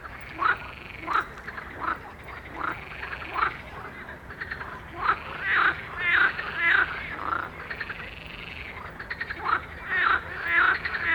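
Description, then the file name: Frogs calling in chorus, harmonic arched calls repeated rapidly, overlapping from several callers over a steady background hiss. "Sodros Frog Chorus"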